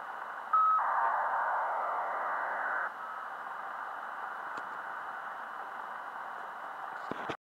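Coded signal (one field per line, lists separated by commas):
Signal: ACARS aircraft data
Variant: HFDL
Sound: short steady tone, then a two-second harsh hissing data burst, fading into static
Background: radio static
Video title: 8939 kHz HF-ACARS Muan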